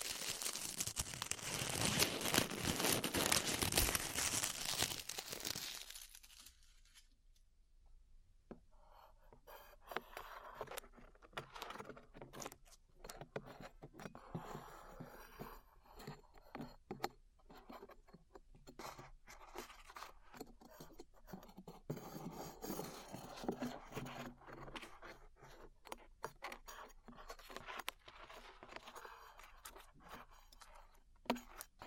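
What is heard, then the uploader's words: Glue being peeled off the ears, opening with about six seconds of loud, dense crackling and tearing. After a brief lull, quieter sticky peeling continues with soft crinkles and scattered sharp clicks and pops at an irregular pace through the end. ASMR Peeling Glue Off Your Ears (No Talking).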